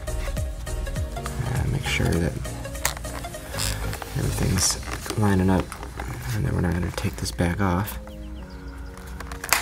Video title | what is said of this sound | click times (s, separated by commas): How to Install a Shift Boot on G37 / 370z Step by Step walk through | That's in, that's in. You hear all that clicking, so | 9.4 s, 9.5 s